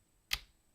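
A Lego sub-assembly that had not wanted to sit right is pressed into a Lego arcade bartop model. A single sharp click sounds at 0.3 s against near silence. The part snaps into place and is seated.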